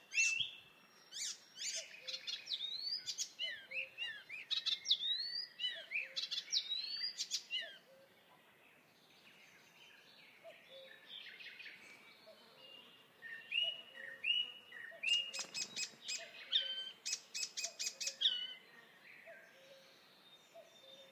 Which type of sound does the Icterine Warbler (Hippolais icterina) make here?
song